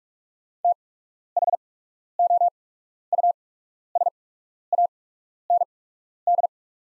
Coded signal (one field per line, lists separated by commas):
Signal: Morse code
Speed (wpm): 48 wpm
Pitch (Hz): 700 Hz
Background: none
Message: THOUSAND